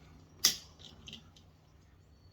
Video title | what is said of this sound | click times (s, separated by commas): How To: Install Wiper Blades | going to hear a pop | 0.4 s